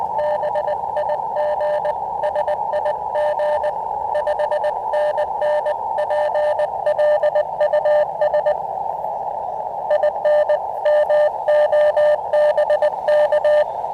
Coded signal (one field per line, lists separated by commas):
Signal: Morse code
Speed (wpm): 20 wpm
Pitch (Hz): 600 Hz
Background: radio noise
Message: BIG SIG 5NN PLUS IN MO BK